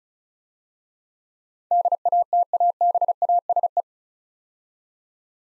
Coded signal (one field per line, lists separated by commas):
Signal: Morse code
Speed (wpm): 36 wpm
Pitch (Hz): 700 Hz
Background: none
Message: DATABASE